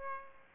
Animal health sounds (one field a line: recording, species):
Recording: mosquito wingbeat signal from an infrared sensor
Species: Aedes aegypti